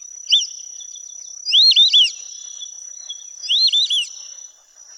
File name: burung belibis muka putih. omkicau